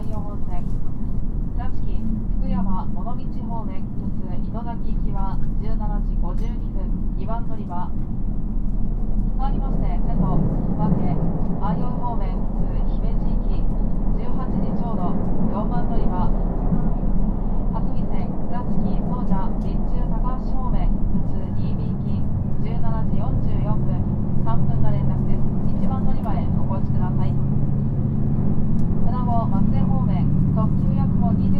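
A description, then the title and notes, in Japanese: Running sound of a JR Shikoku 2700 series diesel railcar: a loud, steady low rumble fills the whole clip, with voices chattering over it throughout. Around the twenty-second mark the engine's drone shifts to a higher, steadier hum that holds to the end. 四国旅客鉄道2700系気動車の走行音。特別急行列車 南風20号 琴平から岡山までの区間で録音しました。児島発車後から岡山到着まで。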